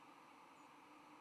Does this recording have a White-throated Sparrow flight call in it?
no